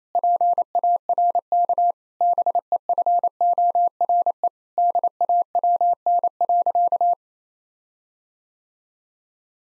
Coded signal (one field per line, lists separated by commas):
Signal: Morse code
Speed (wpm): 28 wpm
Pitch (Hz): 700 Hz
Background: none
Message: PARK BEFORE DAWN.